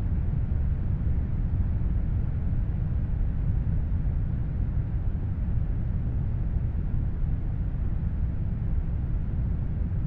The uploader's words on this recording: Brown Noise Ambient Noise for Sleep - Consistent Relaxing Brown Noise. Consistent brown noise ambient sound.